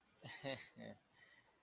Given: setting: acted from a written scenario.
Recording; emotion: vocal sound without words; shame